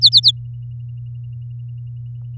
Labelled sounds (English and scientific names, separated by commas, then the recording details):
Domestic Canary (Serinus canaria) song
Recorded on 7 May 2018 at 07:52
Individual llb16